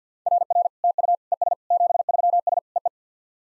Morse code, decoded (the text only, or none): RR TU ES 73S EE